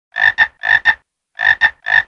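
Frog croaking in paired rasping bursts, four pairs in quick succession, with a longer silence after the second pair.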